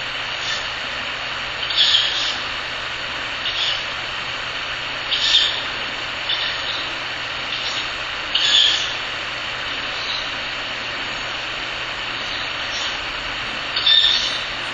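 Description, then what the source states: Ural Owl chick uttering a series of scratchy hissing calls at uneven intervals, over a persistent hum of background noise. Owl chick (owlet).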